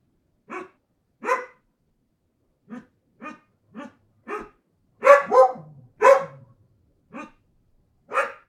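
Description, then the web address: Dog giving a string of about a dozen barks, quieter short ones early, then louder, rougher barks bunched together near the middle before a few spaced final barks. Mixed-breed dog. "NS Studios - ultra sound collection animals dog - mixed breed Mia"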